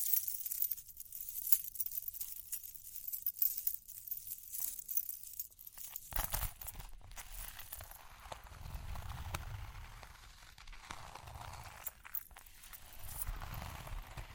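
Scratching and tapping with a bright, hissy texture carry through the first six seconds, broken by scattered sharp clicks. After about six seconds the sound thickens into low rubbing and muffled thumps that pulse irregularly, with crisp ticks and faint jingling above.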